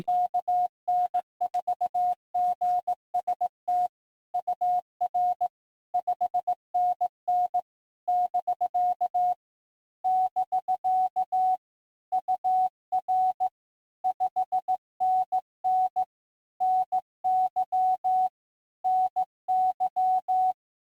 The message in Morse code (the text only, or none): KN4GST UR 5NN <BK> <BK> UR 5NN NY NY